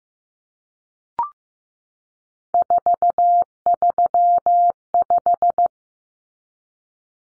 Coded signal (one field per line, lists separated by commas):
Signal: Morse code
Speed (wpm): 15 wpm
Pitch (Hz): 700 Hz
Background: none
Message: 435